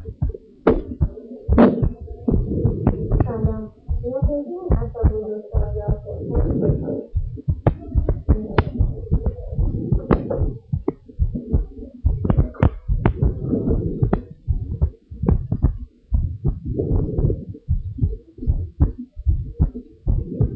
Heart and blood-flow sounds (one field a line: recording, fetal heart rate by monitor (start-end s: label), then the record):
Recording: heart sounds of a pregnant woman by stethoscope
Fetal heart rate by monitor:
no fetal heartbeat
From the record:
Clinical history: preeclampsia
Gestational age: 36 weeks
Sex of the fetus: girl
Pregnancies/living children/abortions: 2/0/1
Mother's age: 33 years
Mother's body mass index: 37.5